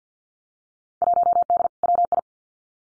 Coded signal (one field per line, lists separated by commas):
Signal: Morse code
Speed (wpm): 50 wpm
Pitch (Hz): 700 Hz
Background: none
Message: 1D WI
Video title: Field Day Exchange 50wpm